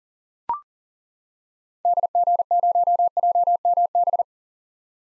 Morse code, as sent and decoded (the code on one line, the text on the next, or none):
-.. --. ----- .--- -- -...
DG0JMB